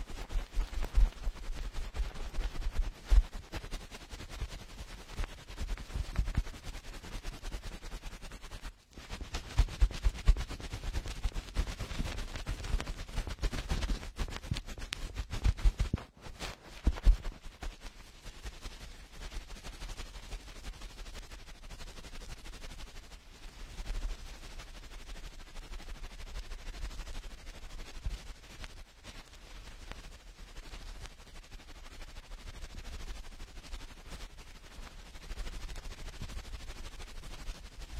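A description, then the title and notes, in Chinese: A cotton swab cleaning inside an ear: dense scratchy rustling with sharp crackles, loudest from about nine to seventeen seconds, with brief silent gaps. 棉棒清理你耳朵里的脏东西。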